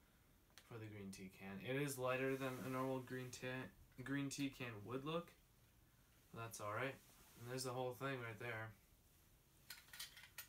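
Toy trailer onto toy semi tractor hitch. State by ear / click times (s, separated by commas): not seated / none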